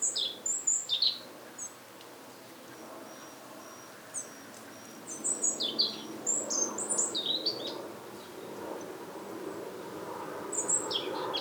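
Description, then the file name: European robin song in several high, tinkling, varied phrases, each a second or two long, with brief pauses, over steady background noise. "Erithacus rubecula"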